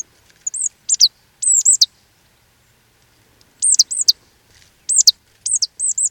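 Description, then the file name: Marsh tit calls: sharp, high, arched notes in short groups, with a long pause in the middle, in a quiet background. "Poecile palustris"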